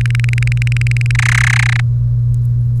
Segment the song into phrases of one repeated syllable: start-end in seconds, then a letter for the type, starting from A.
0.01-1.11 A, 1.15-1.80 B